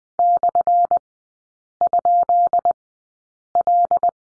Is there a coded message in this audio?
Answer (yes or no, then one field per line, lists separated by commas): yes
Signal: Morse code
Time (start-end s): 0.2-4.1 s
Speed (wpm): 20 wpm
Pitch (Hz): 700 Hz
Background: none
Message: /?L